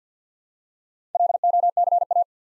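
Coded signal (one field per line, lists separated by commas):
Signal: Morse code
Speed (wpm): 50 wpm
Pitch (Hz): 700 Hz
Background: none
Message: LOCA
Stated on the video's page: Morse practice drill at 50 wpm, building 5-letter words one letter at a time, for instant character recognition.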